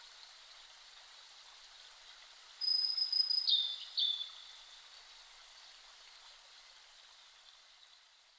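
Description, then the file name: Blue-and-white flycatcher singing one phrase: a long, level high whistle drops into a few short slurred notes, then quiet, with a steady hiss throughout. Recorded 5 May 2008 at 07:51. "ooruri 20080505-0751"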